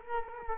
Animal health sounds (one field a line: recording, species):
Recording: mosquito wingbeat signal from an infrared sensor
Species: Culex quinquefasciatus